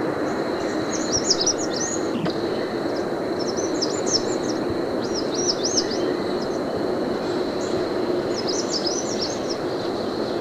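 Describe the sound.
American redstart repeating short phrases of thin, high, looping slurred notes several times, over a persistent rushing background and a steady high-pitched tone.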